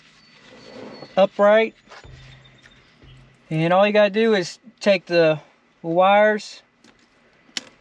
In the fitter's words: You hear a little faint click into place, and